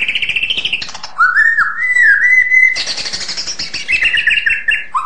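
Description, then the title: White-rumped shama singing: a buzzy trill, then long slurred whistles wavering at mid pitch, followed by a burst of harsh high notes and fresh whistled phrases. "kicau murai batu panjang"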